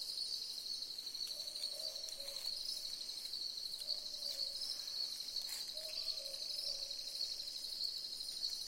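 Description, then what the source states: Boobook hooting, soft double notes dropping slightly in pitch, repeated at irregular intervals, set against a constant shrill insect chorus. Several boobook owls calling together in a chorus.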